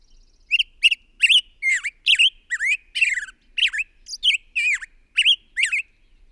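Bird singing a rapid series of scratchy, warbled notes with sliding whistles, in many short bursts, with nothing else audible.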